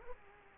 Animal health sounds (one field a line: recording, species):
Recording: mosquito wingbeat signal from an infrared sensor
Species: Culex quinquefasciatus